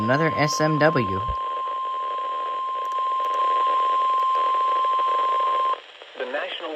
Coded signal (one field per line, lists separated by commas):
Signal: Emergency Alert System (SAME) tones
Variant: 1050 Hz attention tone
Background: speech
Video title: September Storms: EAS Alerts From 9/6/25 (EAS #5819-5853)